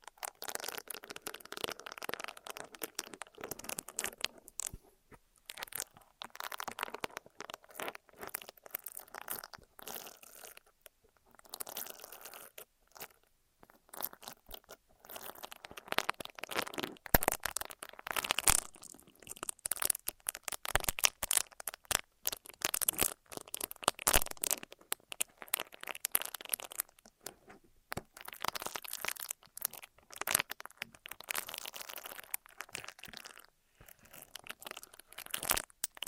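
Ear massage and cleaning sounds: dense crinkling and crunching rubs that run almost without pause for the full length. The scratchy texture is bright and busy, coming in quick irregular bursts with a few brief gaps near 4, 11 and 24 seconds.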